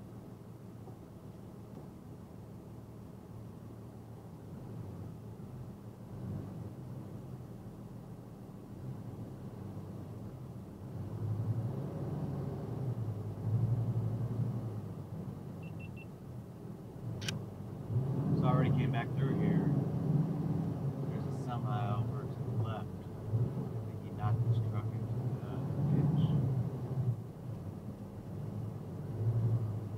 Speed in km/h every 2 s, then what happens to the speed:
5, 3, 3, 5, 5, 5, 8, 8, 8, 10, 11, 13, 13, 15, 16.
0-30 speeds up to 16.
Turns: none.